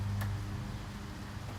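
A new output speed sensor for a Chevy HHR is being pushed by hand toward its bore in the transmission case. A steady low hum runs throughout, with a brief faint hiss-like tick near 0.2 seconds. Nothing has seated or clicked into place yet.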